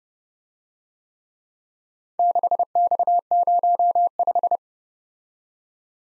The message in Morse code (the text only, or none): 6X05